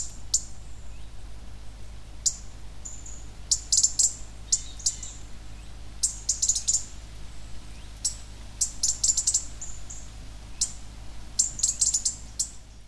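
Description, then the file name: European robin repeating high, clicking tick calls in irregular bursts, several notes in fast succession, with a low constant hum underneath. "Erithacus rubecula"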